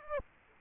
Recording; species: mosquito wingbeat signal from an infrared sensor; Aedes aegypti